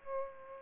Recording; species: mosquito wingbeat signal from an infrared sensor; Aedes aegypti